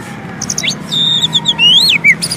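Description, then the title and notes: Oriental magpie-robin song: short whistled phrases with a clear rising-and-falling note and brief chips over a low background hum. Long-duration fill-in song for training magpie-robins to sing actively day and night. "Kacer Jadi Gacor Siang Malam. Isian Kacer Durasi Panjang"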